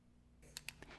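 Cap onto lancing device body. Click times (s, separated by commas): 0.6 s, 0.7 s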